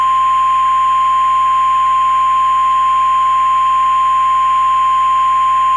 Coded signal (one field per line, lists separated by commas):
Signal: Emergency Alert System (SAME) tones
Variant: 1050 Hz attention tone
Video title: DASDEC EAS Mock- Macomb and St. Clair Tornado Warning